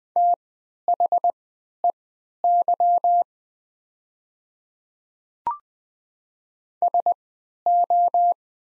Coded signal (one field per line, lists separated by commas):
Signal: Morse code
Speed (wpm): 20 wpm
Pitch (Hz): 700 Hz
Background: none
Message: THEY SO